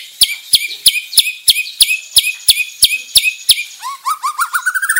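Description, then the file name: White-rumped shama song opening with sharp high chip notes repeated about three times a second, then a quick rising series of clear whistled notes. Bordan type of white-rumped shama. "Suara Murai Bordan"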